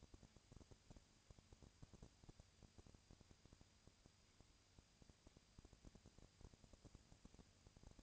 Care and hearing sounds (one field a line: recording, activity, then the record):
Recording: daily activity, microphone in the room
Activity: no activity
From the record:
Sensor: 2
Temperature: 20.3 degrees Celsius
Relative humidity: 37.0%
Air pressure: 998.7 hPa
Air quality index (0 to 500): 236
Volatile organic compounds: 38 ppm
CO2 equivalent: 3114 ppm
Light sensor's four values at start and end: 2/3/2/2 and 2/3/2/2